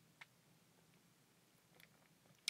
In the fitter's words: flexible and soft pops right into the frame too nice and easy